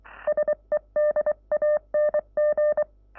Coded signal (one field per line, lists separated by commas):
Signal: Morse code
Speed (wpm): 23 wpm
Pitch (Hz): 600 Hz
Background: none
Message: SEDANG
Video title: Playing Morse Code with 4 peddal keys right and left hand de YB1JCD